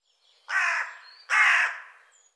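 A bird gives two rough, grating caw notes separated by a short pause.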